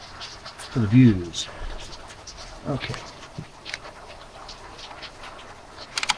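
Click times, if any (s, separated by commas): 6.0 s, 6.1 s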